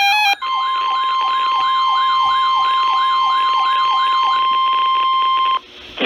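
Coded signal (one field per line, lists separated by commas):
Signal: Emergency Alert System (SAME) tones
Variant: 1050 Hz attention tone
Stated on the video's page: SAME tones for Severe Thunderstorm Warnings on NOAA weather radio.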